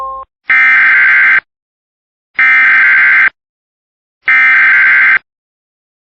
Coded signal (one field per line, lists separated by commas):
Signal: Emergency Alert System (SAME) tones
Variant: header bursts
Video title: My Reecom Finally Went Off For an SVR/TOR!!! EAS Alerts from 6/25/2026 (EAS 338-352)